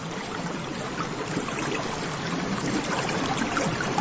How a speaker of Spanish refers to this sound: Agua.